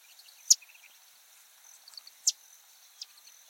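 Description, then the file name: Sedge Wren calls: three abrupt, clicky chips, with a constant high-pitched insect drone and faint soft ticks between them. "Cistothorus stellaris - Sedge Wren"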